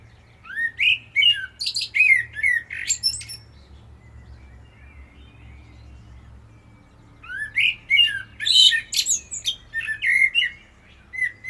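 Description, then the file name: Common blackbird song: two phrases of fluty warbling notes, each ending in high squeaky twitters, separated by a pause of several seconds. "Turdus merula"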